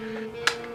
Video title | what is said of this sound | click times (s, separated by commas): Unboxing my first Nintendo Switch! | this oh the click did you hear the click go that was satisfying this is where this goes my | 0.5 s